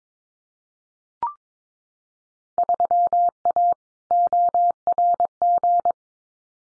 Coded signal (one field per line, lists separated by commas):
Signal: Morse code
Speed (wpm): 22 wpm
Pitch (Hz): 700 Hz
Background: none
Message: 3A ORG